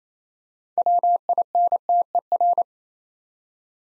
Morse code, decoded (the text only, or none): WINTER